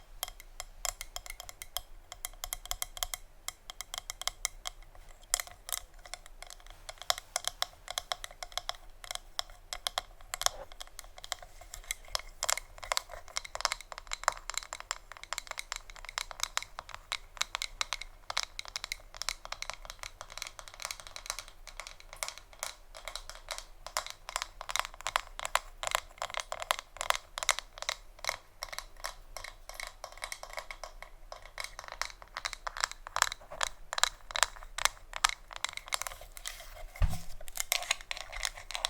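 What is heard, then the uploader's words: Fast, dense fingertip tapping on a hard surface, with crisp, bright clicks in quick irregular bursts that continue throughout. The tapping grows busier and a bit louder in the second half, and a small low thump lands near the end. ASMR Tapping (No Talking).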